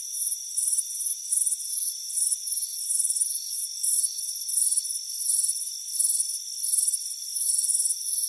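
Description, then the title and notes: Cricket chorus with rapid, high trilled chirps repeating in quick succession, a steady whining tone running continuously underneath. Crickets chirping on a warm afternoon, heard from a hammock on a front porch. "Soothing Crickets Chirping Sound. It's a warm afternoon as you relax in a hammock on the front porch. Relax and fall asleep to the soothing sound of chirping crickets. Deep Sleep Sounds"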